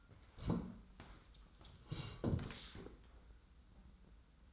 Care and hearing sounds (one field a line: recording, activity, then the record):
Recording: daily activity, microphone in the room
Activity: sit down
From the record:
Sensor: 3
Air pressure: 990.4 hPa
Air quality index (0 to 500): 170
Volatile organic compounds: 1000 ppm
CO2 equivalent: 5488 ppm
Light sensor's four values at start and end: 45/106/43/41 and 45/105/43/41